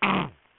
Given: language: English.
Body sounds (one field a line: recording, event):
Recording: throat vibration sensor signal played as sound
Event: throat clearing